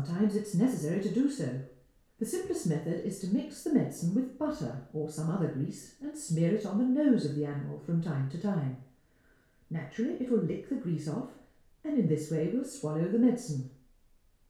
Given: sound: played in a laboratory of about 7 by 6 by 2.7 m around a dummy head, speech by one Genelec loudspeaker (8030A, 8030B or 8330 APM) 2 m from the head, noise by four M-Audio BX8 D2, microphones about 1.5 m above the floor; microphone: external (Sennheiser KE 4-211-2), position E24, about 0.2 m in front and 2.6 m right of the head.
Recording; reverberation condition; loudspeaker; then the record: female speech in English; medium; 90 degrees to the right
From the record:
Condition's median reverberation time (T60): about 510 ms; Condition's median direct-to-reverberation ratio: about -0.5 dB